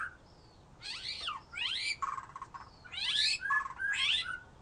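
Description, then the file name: White-rumped shama giving harsh, buzzy phrases of rapid sweeping notes in several bursts, broken by short gaps. "murai batu"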